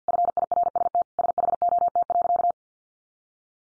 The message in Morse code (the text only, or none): FIRST SHOT.